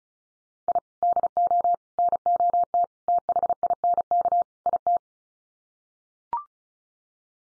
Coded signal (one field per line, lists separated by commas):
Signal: Morse code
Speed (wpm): 34 wpm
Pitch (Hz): 700 Hz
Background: none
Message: I DO NOT THINK IT